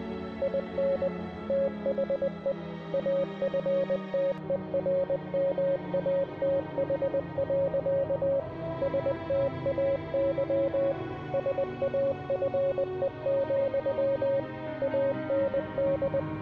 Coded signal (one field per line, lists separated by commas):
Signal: Morse code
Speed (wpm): 19 wpm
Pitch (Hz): 550 Hz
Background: music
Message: IN THE AFTERMATH. STAY SAFE, AND